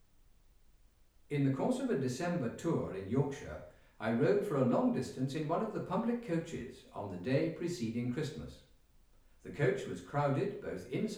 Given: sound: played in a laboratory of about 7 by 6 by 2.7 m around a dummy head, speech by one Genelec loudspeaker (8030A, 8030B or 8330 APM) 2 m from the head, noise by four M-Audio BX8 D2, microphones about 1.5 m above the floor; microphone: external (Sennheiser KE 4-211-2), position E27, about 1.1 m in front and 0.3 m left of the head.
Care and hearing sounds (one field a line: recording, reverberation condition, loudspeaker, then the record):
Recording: male speech in English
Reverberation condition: medium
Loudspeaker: 120 degrees to the left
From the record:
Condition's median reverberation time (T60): about 510 ms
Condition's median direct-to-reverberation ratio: about -0.5 dB